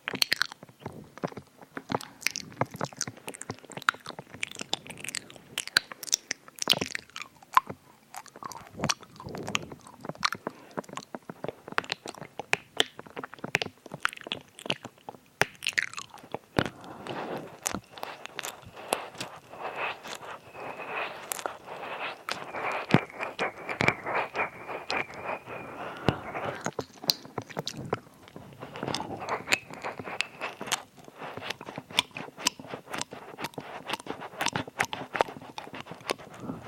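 Close-up eating and mouth sounds, with dense, irregular crunching and chewing clicks throughout, and a brief sustained tone around the middle.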